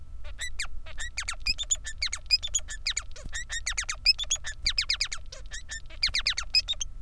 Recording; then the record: song of a male Bengalese finch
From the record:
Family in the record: son of father 3